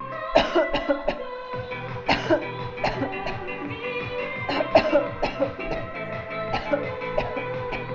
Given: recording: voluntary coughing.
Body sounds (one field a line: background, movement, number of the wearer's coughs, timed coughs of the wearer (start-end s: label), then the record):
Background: music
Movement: sitting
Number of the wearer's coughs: 13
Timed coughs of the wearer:
0.28-0.70 s: cough
0.70-0.98 s: cough
0.98-1.23 s: cough
1.84-2.48 s: cough
2.73-3.12 s: cough
3.12-3.52 s: cough
4.17-4.68 s: cough
4.68-5.08 s: cough
5.08-5.54 s: cough
5.54-5.95 s: cough
6.32-6.85 s: cough
6.85-7.50 s: cough
7.50-7.88 s: cough
From the record:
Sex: female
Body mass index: 22.6 kg/m2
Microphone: on the chest, facing outward